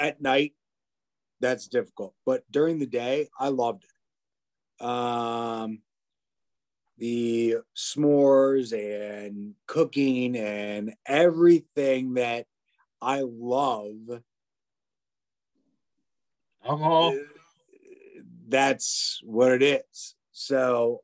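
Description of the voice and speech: Halting adult male speech with long silences, drawn-out sounds and fragmented phrases, fitting aphasia after stroke or traumatic brain injury.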